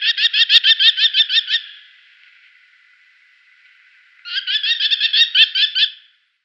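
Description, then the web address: Merlin delivering two long bursts of rapid, evenly spaced harsh kek notes, about a dozen each, separated by a pause of a few seconds. Female. "Schulze Peter Merlin female"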